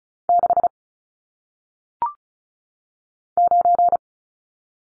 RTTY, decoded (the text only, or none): none